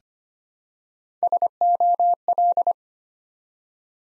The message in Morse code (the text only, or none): SOL